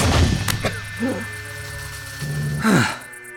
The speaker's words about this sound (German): Der Briefbeschwerer traf sie direkt über dem linken Ohr.